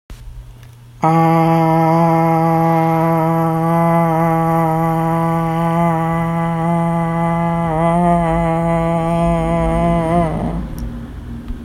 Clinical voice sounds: sustained vowel /a/; female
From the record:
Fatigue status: fatigue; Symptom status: symptomatic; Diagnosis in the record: COVID-19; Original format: m4a

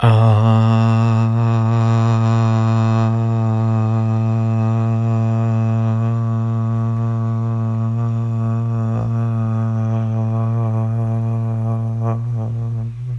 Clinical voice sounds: sustained vowel /a/; male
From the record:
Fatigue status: no fatigue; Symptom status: asymptomatic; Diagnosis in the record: COVID-19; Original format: m4a

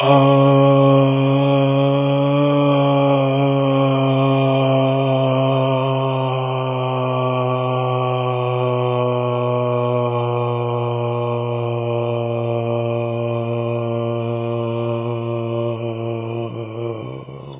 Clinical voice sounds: sustained vowel /a/; male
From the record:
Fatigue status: no fatigue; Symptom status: asymptomatic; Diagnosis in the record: COVID-19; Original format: 3gp

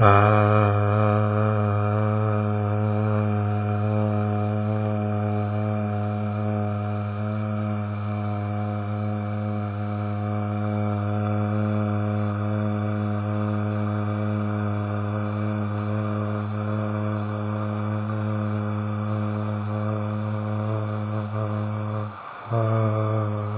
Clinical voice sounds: sustained vowel /a/; male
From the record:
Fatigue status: no fatigue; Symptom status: asymptomatic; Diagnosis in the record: COVID-19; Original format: 3gp

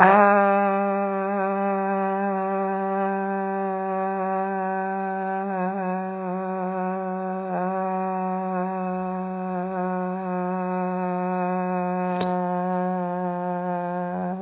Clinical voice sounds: sustained vowel /a/; female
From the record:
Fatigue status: no fatigue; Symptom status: symptomatic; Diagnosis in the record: COVID-19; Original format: 3gp

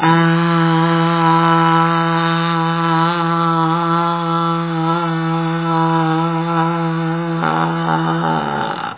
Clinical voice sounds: sustained vowel /a/; female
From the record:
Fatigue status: no fatigue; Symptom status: asymptomatic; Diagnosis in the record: COVID-19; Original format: 3gp

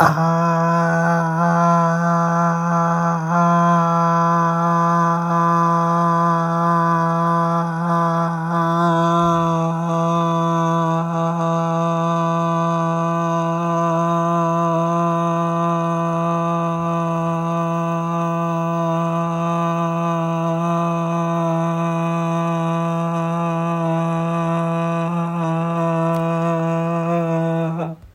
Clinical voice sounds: sustained vowel /a/; male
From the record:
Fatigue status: no fatigue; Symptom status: asymptomatic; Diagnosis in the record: COVID-19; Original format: m4a

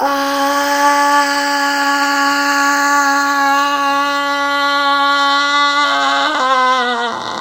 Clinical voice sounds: sustained vowel /a/; female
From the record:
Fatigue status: no fatigue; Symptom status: asymptomatic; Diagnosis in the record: COVID-19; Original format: m4a

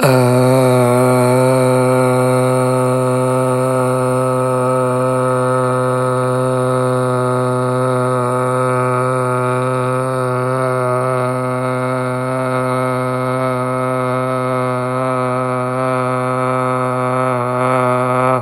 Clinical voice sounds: sustained vowel /a/; male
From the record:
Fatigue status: no fatigue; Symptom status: symptomatic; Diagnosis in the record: COVID-19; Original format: m4a

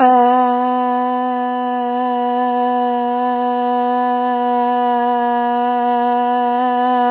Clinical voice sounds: sustained vowel /a/; female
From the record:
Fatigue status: no fatigue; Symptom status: symptomatic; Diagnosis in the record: COVID-19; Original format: 3gp

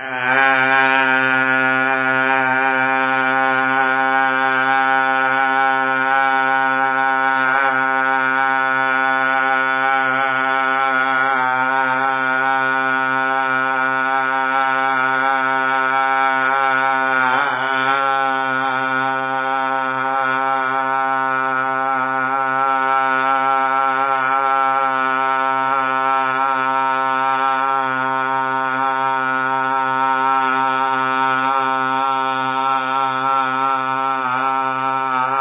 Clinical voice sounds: sustained vowel /a/; male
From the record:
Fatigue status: no fatigue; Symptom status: asymptomatic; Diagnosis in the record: COVID-19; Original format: 3gp

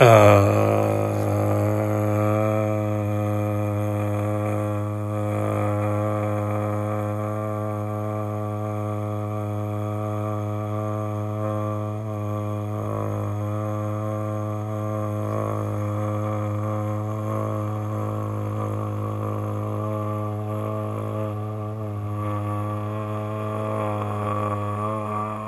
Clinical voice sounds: sustained vowel /a/; male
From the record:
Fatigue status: fatigue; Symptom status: symptomatic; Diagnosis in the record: COVID-19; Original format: m4a

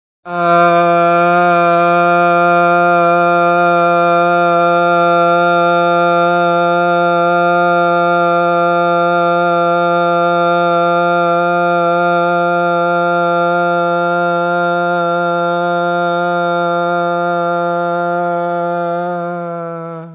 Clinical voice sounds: sustained vowel /a/; male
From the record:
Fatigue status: no fatigue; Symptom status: asymptomatic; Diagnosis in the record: COVID-19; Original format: 3gp

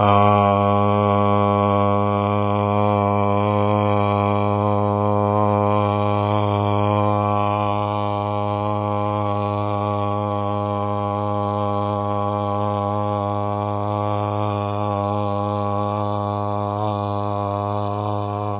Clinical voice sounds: sustained vowel /a/; male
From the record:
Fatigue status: fatigue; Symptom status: symptomatic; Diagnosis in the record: COVID-19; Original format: 3gp

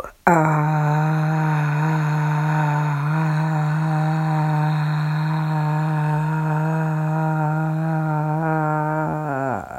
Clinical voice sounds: sustained vowel /a/; female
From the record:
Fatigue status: fatigue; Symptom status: symptomatic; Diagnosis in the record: COVID-19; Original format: m4a

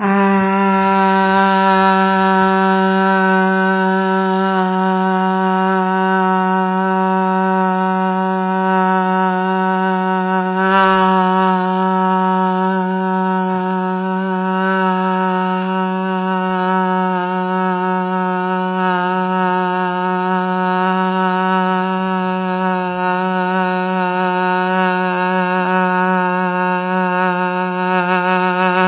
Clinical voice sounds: sustained vowel /a/; female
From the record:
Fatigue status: no fatigue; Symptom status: asymptomatic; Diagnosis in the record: COVID-19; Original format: 3gp

